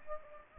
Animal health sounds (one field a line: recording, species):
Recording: mosquito wingbeat signal from an infrared sensor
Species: Anopheles gambiae